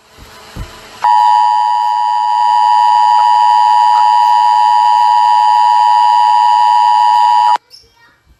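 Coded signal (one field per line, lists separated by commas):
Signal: Emergency Alert System (SAME) tones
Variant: 853 and 960 Hz attention tone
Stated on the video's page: Fictional EAS scenario, not a real broadcast alert.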